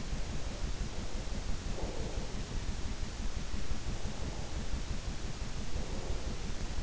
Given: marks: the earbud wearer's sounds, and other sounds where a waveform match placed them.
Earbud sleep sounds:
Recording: sounds in sleep by an in-ear microphone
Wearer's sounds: breath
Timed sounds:
0.34-2.67 s: breath
3.80-6.33 s: breath

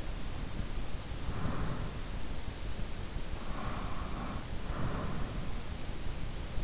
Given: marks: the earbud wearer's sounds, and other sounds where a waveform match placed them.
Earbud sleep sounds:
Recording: sounds in sleep by an in-ear microphone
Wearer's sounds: breath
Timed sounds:
0.79-2.77 s: breath
3.50-5.32 s: breath

